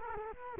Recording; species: mosquito wingbeat signal from an infrared sensor; Culex quinquefasciatus